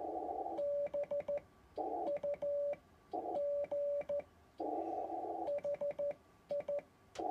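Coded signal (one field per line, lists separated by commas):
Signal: Morse code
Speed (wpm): 14 wpm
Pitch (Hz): 580 Hz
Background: radio noise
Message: BUG HI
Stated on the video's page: Sound of a Kent key on a steel base rather than a wooden one.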